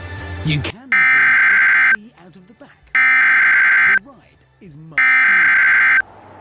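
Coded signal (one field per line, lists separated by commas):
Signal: Emergency Alert System (SAME) tones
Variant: header bursts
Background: speech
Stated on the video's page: Recreated mock EAS alerts based on a real weather event in Greene and Craighead counties.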